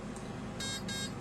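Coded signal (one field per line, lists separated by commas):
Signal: beep code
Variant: brushless RC ESC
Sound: two short buzzy electronic beeps in quick succession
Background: low room hum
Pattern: 2 short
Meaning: Programming step two: electronic timing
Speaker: now it's going to go to step two you'll hear two beeps if you wait that means step two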